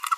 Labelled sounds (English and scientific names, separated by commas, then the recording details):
Green-rumped Parrotlet (Forpus passerinus) babbling
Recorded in a nest box in Venezuela
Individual 18B25A3